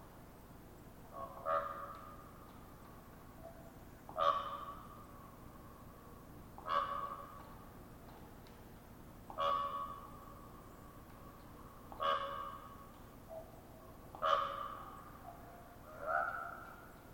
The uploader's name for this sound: Raven Popping Conversation